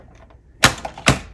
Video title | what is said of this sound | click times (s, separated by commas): Impressive. Age of the Primes Titan Class Trypticon Review. #transformers #hasbro #ageoftheprimes | You're going to hear it click, and then you're going to take the little hatch here and just wrap it around so that clicks in place. | 0.6 s